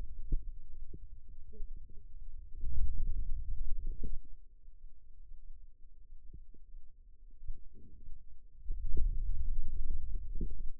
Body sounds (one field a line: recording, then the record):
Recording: forearm muscle sounds (acoustic myography)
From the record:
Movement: hand opening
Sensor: system 2, bracelet of six BSWA MPA416 microphones around the upper forearm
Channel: 1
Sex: male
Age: 22 years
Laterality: right